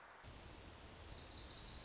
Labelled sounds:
Wilson's Warbler (Cardellina pusilla)
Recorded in Sonoma County, California

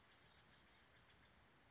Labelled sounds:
Oak Titmouse (Baeolophus inornatus)
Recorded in Sonoma County, California

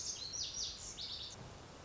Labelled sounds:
Lazuli Bunting (Passerina amoena)
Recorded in Sonoma County, California

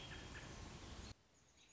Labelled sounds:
American Robin (Turdus migratorius)
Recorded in Sonoma County, California

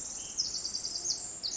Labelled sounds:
Pacific Wren (Troglodytes pacificus)
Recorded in Sonoma County, California

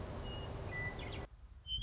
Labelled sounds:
Western Meadowlark (Sturnella neglecta)
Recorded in Sonoma County, California

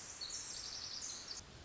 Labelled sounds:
Pacific Wren (Troglodytes pacificus)
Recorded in Sonoma County, California

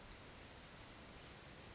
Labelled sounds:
California Towhee (Melozone crissalis)
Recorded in Sonoma County, California

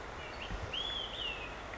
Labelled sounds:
Olive-sided Flycatcher (Contopus cooperi)
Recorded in Sonoma County, California

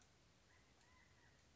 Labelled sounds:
California Quail (Callipepla californica)
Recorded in Sonoma County, California

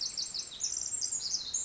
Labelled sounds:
Pacific Wren (Troglodytes pacificus)
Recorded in Sonoma County, California

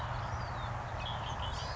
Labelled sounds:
Red-winged Blackbird (Agelaius phoeniceus)
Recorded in Sonoma County, California

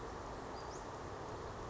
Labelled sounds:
Western Flycatcher (Empidonax difficilis)
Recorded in Sonoma County, California

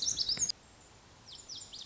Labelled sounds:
Lazuli Bunting (Passerina amoena)
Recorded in Sonoma County, California

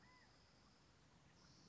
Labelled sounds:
California Quail (Callipepla californica)
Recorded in Sonoma County, California

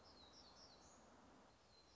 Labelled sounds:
Black-throated Gray Warbler (Setophaga nigrescens)
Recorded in Sonoma County, California

